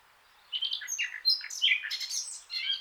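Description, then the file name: Eurasian blackcap singing a fast, varied warble of chattering and whistled notes after a brief quiet start. "Sylvia atricapilla"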